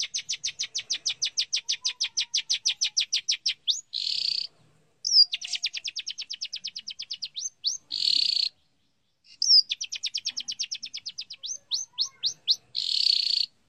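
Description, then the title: Long-tailed shrike song in repeated cycles: long trills of quick chirps, each ending in a harsh buzzy burst, separated by short silences. Song of a champion bird. "Kicau Burung Cendet Juara"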